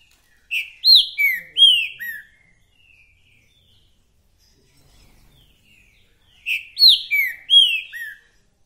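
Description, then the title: Green-winged saltator singing two matching phrases about six seconds apart, each four or five bright whistled notes that swoop down in pitch. Trinca-ferro calling, singing and showing male aggression in a dispute; repetitive singer delivering one song after another; 'mercenário' song type; used to stir up other trinca-ferros. "Esse É PERFEITO Para ESQUENTAR Seu TRINCA Piando, Cantando E Macheando Na DISPUTA. TRINCA FERRO REPETIDOR !! UM CANTO ATRÁS DO OUTRO!!! TRINCA FERRO MERCENARIO!"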